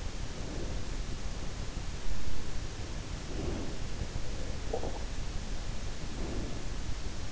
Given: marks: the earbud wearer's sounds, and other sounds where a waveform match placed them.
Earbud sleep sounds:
sounds in sleep by an in-ear microphone; breath
0.44-1.03 s: breath
3.17-4.09 s: breath
4.42-5.20 s: sound from someone else or the room
5.97-6.83 s: breath

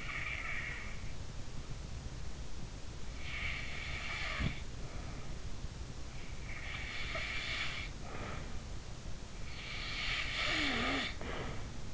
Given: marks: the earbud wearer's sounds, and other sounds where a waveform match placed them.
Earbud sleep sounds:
sounds in sleep by an in-ear microphone; snoring breath
0.00-1.14 s: snoring breath
3.28-5.83 s: snoring breath
6.60-8.71 s: snoring breath
9.54-11.94 s: snoring breath

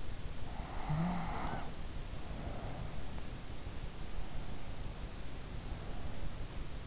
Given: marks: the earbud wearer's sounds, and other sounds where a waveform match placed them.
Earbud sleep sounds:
sounds in sleep by an in-ear microphone; snoring breath
0.67-3.02 s: snoring breath

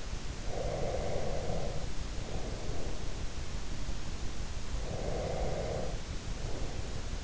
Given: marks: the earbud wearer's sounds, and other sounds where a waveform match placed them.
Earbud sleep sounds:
sounds in sleep by an in-ear microphone; breath
0.44-3.30 s: breath
4.74-7.24 s: breath

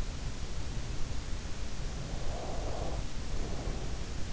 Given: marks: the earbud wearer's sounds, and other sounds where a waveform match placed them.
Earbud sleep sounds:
sounds in sleep by an in-ear microphone; breath
1.87-4.16 s: breath

